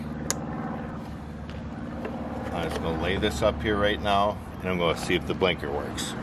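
On a 2013-2017 Subaru Crosstrek undergoing an LED upgrade of the rear turn signal flashers, the wiring harness connector, with its slide lock over two pins, is pushed back into the tail light socket connector. A sharp click at 0.3 s shows it has seated, over a steady low vehicle hum. Someone then talks.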